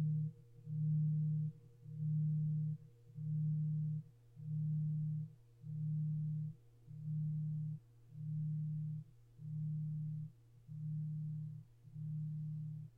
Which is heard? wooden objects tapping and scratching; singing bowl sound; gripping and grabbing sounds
singing bowl sound